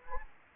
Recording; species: mosquito wingbeat signal from an infrared sensor; Anopheles gambiae